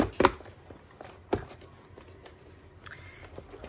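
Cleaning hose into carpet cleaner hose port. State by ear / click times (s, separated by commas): seated / 0.2 s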